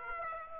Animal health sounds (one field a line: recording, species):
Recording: mosquito wingbeat signal from an infrared sensor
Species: Aedes aegypti